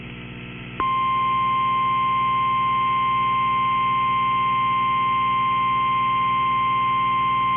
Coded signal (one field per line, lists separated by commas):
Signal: Emergency Alert System (SAME) tones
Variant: 1050 Hz attention tone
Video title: Severe Thunderstorm Warning (DeKalb and Jackson Counties, AL) (5/20/25) [EAS #180]